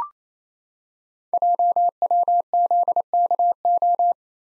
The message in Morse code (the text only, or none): JWZKO